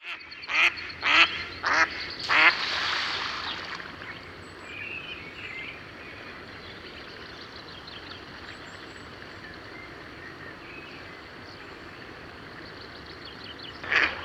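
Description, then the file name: Mallard quacks, four loud harsh notes in the first few seconds followed by a rushing noise burst, then a long quiet stretch before one final quack. "Mallard (Anas platyrhynchos)"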